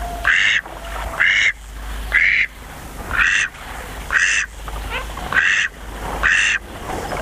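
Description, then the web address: Eastern spot-billed duck giving harsh nasal quacks roughly once a second, about seven calls in an even rhythm. "sikioto. karugamo"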